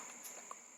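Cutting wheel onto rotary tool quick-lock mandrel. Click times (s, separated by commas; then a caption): 0.5 s. A cutting wheel is pushed onto a rotary tool's quick-lock mandrel and locks in place with a short, sharp click at 0.5 s. The click rises briefly over a steady high-pitched hiss and faint background noise, and the wheel is seated.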